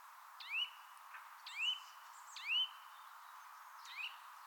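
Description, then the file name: Eurasian nuthatch: three drawn-out rising whistles about one second apart, then a fainter fourth note, over a quiet background. "Sitta europaea"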